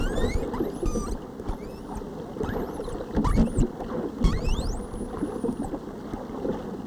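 Whale whistles, several quick rising and falling sweeps, then a long steady high whistle ending in a drop, over crackling underwater noise and low rumble.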